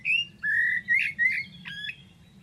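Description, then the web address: Bird calls: a few whistled notes near one pitch, some slurred and rising, then a quieter, sharper final note, over a steady low hum. "Deverinetal Bird Only Tu Me Tu Me"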